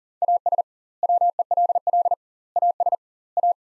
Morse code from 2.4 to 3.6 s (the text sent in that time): AS A